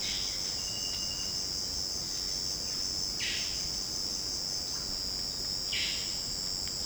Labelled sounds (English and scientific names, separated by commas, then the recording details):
Violaceous Jay (Cyanocorax violaceus)
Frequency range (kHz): Violaceous Jay (Cyanocorax violaceus) 1.2-4.8 kHz
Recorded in dense forest near Puerto Asís, Putumayo, Colombia, on 24 June 2025 at 15:30
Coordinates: 0.499, -76.324
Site G100